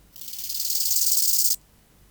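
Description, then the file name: Bow-winged grasshopper song: one high, rasping phrase of fast pulses lasting about one and a half seconds. It grows steadily louder, then stops abruptly. "Chorthippus biguttulus"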